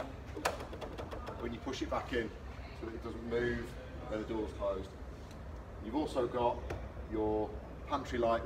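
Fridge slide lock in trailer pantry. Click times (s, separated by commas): 0.5 s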